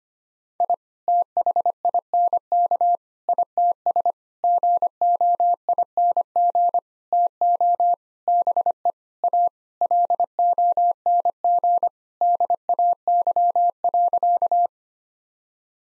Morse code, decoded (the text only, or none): I THINK ITS GOING TO BE A LONG DAY.